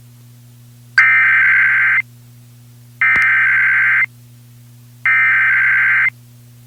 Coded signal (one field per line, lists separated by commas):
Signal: Emergency Alert System (SAME) tones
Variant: header bursts